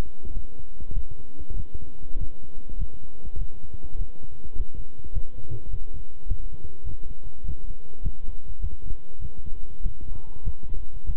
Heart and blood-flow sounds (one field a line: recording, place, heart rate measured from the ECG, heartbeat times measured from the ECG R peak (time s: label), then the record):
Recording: heart sounds by stethoscope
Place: between the tricuspid and mitral areas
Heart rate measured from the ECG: 101 bpm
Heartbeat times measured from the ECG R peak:
0.32 s: heartbeat
0.92 s: heartbeat
1.54 s: heartbeat
2.16 s: heartbeat
2.76 s: heartbeat
3.37 s: heartbeat
3.96 s: heartbeat
4.55 s: heartbeat
5.12 s: heartbeat
5.69 s: heartbeat
6.26 s: heartbeat
6.84 s: heartbeat
7.43 s: heartbeat
8.01 s: heartbeat
8.59 s: heartbeat
9.19 s: heartbeat
9.81 s: heartbeat
10.42 s: heartbeat
11.05 s: heartbeat
From the record:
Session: walking at 3.7 km/h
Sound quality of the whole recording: good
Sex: male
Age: 26 years